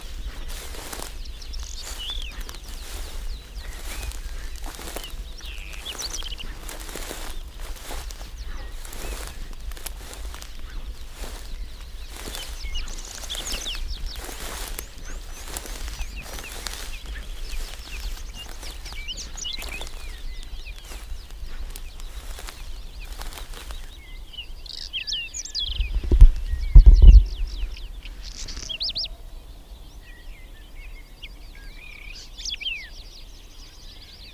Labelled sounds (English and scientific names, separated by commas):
Whinchat (Saxicola rubetra) song